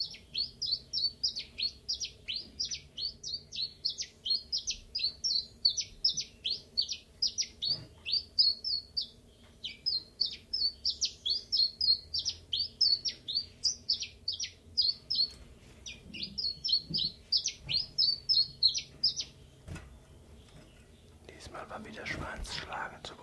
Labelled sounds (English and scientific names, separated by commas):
Common Chiffchaff (Phylloscopus collybita)